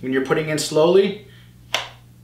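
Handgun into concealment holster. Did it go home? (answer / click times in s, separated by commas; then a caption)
yes / 1.7 s. A handgun is pushed slowly into a custom molded concealment holster while someone talks. A sharp click sounds at 1.7 seconds as the retention detent engages and the pistol seats in the holster.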